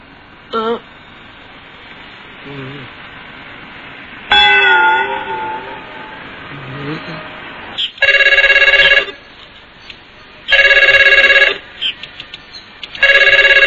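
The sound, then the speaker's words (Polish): A telephone rings in Dragon Ball Z, three loud, bright bursts, each lasting about a second, with short pauses between them. Brief voice-like sounds and low background noise come before the first ring. “Telefon dzwoni od rana.”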